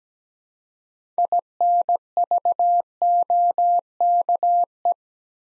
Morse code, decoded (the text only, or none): INVOKE